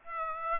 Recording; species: mosquito wingbeat signal from an infrared sensor; Aedes aegypti